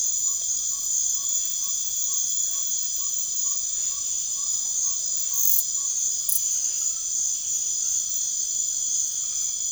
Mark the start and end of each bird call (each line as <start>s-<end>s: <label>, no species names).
0.17s-5.92s: bird call